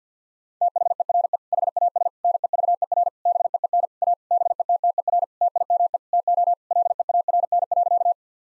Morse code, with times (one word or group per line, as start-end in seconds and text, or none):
0.6-1.4 THERE
1.5-2.1 HAS
2.2-3.1 NEVER
3.3-3.9 BEEN
4.0-4.1 A
4.3-5.2 BETTER
5.4-6.0 TIME
6.1-6.5 TO
6.7-8.1 LEARN.